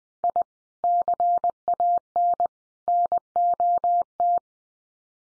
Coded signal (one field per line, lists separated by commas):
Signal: Morse code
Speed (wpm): 20 wpm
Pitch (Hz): 700 Hz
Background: none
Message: I CAN NOT